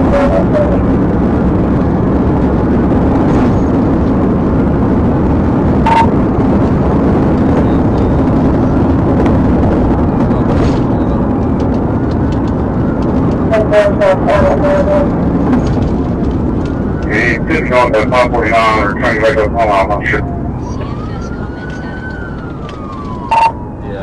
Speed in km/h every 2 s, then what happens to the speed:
179, 182, 187, 180, 166, 158, 159, 156, 150, 130, 105, 40.
0-5 speeds up to 187. 5-24 brakes to 40.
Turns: none.